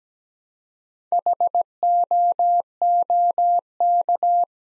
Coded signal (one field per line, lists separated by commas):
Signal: Morse code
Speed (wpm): 17 wpm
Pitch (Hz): 700 Hz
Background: none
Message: HOOK